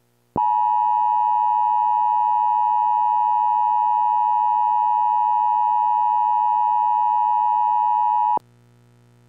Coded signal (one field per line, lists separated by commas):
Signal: Emergency Alert System (SAME) tones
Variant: 853 and 960 Hz attention tone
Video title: POV: The EAS wakes you up at 1 AM